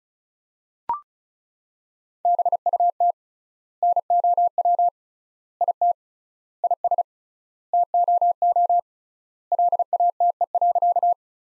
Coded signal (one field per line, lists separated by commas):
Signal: Morse code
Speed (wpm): 36 wpm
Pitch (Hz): 700 Hz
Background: none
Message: BUT NOW IT IS TOO LATE.